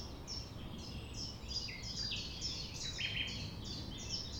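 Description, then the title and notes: Common nightingale singing a short dense sequence of varied sharp notes and brief whistles, closely spaced, over low background hiss. 6 a.m. at sunrise near the Thève at Champ de Ménage; the nightingale sings without waiting for silence. "6 A.M. Lever du soleil non loin de la Thève au Champ de Ménage. Le rossignol n'attend pas le silence."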